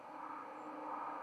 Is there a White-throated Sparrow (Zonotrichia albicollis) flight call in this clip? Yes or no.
yes